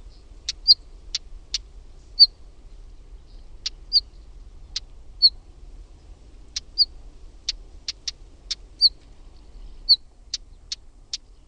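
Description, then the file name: Northern wheatear calls: hard clicking tacks mixed with short high whistles, given in irregular runs of a few notes each, against a quiet background. "KIVITASKU"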